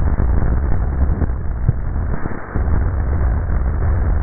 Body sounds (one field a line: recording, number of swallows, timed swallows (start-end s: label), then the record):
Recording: swallowing sounds by neck microphone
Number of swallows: 1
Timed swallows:
1.45-2.45 s: swallow
From the record:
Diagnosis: dysphagia